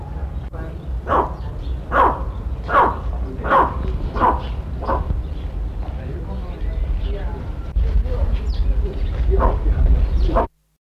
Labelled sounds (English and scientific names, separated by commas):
Steppe Eagle (Aquila nipalensis) call